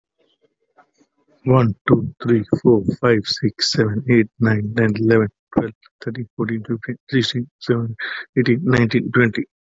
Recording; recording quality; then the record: counting at a fast pace; excellent, no background noise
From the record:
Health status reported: COVID-19 positive, mild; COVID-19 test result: positive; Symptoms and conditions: cough, chronic lung disease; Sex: male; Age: 52 years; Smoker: not ticked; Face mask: not worn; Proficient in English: yes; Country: India